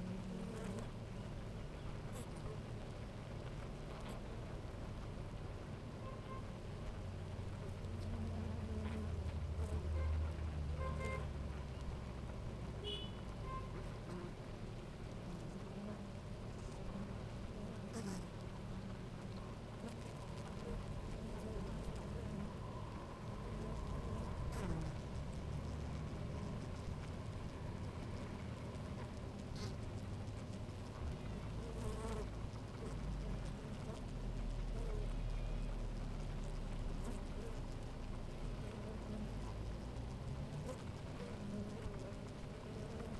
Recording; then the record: honeybee colony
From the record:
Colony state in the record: active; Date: 28 July 2017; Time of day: 10:34